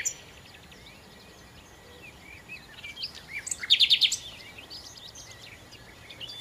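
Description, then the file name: Common nightingale song: one brief burst of rapid, harsh repeated notes midway through, with quiet twittering before and after. "Nachtigall"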